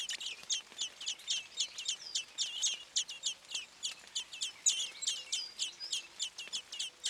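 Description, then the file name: Common blackbird giving a rapid, sharp chattering series of high chinking notes, about three to four per second, continuing steadily throughout. "Turdus merula"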